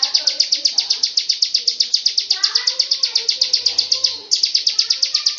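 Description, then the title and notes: Bird trill: rapid high notes repeated steadily with a brief break near the end, while softer chirping birds call beneath. "Bird Sound. Kicau Burung Lengkap"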